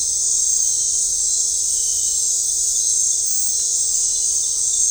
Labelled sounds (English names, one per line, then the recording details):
none
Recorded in dense forest near Puerto Asís, Putumayo, Colombia, on 15 December 2024 at 21:00
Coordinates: 0.499, -76.324
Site G045